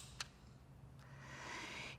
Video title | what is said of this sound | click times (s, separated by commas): Ellipta Tutorial | as far as it will go and make sure it clicks shut like this | 0.2 s